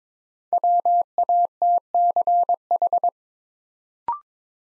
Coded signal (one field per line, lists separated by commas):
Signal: Morse code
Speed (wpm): 22 wpm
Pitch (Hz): 700 Hz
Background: none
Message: WATCH